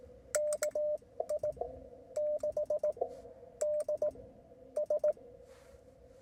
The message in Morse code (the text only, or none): KI 6 D S